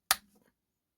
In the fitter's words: So it really clicks into place to keep everything nice and secure.